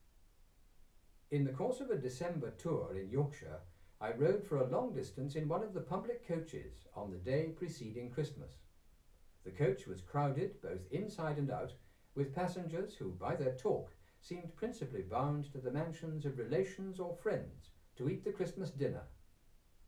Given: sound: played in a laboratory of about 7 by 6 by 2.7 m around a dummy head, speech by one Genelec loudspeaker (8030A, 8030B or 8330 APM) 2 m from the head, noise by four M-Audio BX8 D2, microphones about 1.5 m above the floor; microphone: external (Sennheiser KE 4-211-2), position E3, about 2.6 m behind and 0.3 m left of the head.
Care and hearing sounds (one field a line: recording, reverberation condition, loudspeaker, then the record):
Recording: male speech in English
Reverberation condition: low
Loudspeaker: in front (0 degrees)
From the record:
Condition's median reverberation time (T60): about 310 ms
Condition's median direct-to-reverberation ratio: about 3.5 dB